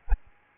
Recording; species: mosquito wingbeat signal from an infrared sensor; Aedes albopictus